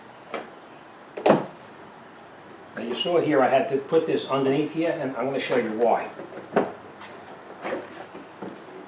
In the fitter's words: you just push it in and it'll snap in place now